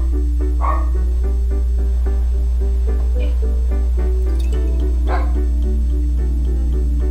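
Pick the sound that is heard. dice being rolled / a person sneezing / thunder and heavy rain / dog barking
dog barking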